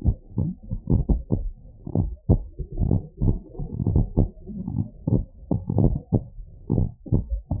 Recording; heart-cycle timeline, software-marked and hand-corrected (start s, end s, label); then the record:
heart sounds
0.00	0.06	diastole
0.06	0.16	S1
0.16	0.40	systole
0.40	0.52	S2
0.52	1.08	diastole
1.08	1.22	S1
1.22	1.40	systole
1.40	1.48	S2
1.48	1.96	diastole
1.96	2.10	S1
2.10	2.30	systole
2.30	2.42	S2
2.42	2.90	diastole
2.90	3.02	S1
3.02	3.22	systole
3.22	3.36	S2
3.36	3.88	diastole
3.88	4.02	S1
4.02	4.18	systole
4.18	4.28	S2
4.28	4.76	diastole
4.76	4.88	S1
4.88	5.12	systole
5.12	5.22	S2
5.22	5.76	diastole
5.76	5.92	S1
5.92	6.14	systole
6.14	6.22	S2
6.22	6.72	diastole
6.72	6.88	S1
6.88	7.12	systole
7.12	7.22	S2
7.22	7.60	diastole
From the record:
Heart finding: normal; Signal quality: good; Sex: male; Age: 61 years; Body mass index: 26.4